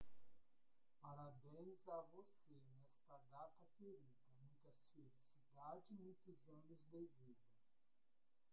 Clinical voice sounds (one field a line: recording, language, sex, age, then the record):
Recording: short text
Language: Brazilian Portuguese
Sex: male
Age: 40 to 49 years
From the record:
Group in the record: control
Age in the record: 48 years